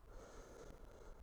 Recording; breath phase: one breath near a microphone; inhalation